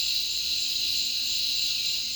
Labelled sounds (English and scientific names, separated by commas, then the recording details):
none
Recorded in dense forest near Puerto Asís, Putumayo, Colombia, on 20 February 2024 at 08:30
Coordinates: 0.502, -76.324
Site G6370